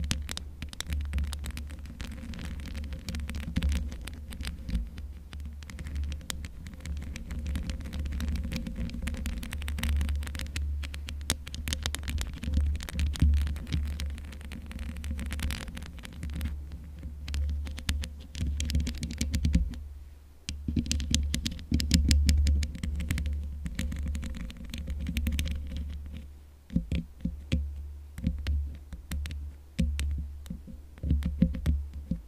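Microphone scratching with no pop shield: a constant low rumble and throb underlies dense, irregular scraping and rubbing noises that crackle up into the highs. Short quieter gaps appear near 20 and 27 seconds, with louder scuffs scattered throughout.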